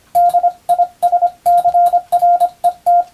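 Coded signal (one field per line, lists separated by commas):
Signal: Morse code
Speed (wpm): 25 wpm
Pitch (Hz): 700 Hz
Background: radio noise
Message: DISCRET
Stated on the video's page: Morse practice in the style of the Japanese radiotelegraph operator exam, using English-language telegram practice texts, keyed for receiving practice.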